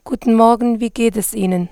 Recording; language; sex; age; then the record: spoken sentence; German; female; 20 to 29 years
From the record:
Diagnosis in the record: dysphonia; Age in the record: 27 years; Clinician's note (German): Z. B. hormonelle Dysphonie mit hyperfunktioneller Einschwingung